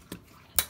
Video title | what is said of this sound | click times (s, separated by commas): How to replace sprocket on bicycle internal hub gears. Sturmey Archer, Shimano, SRAM, Sachs. | There we are, hear that click? | 0.6 s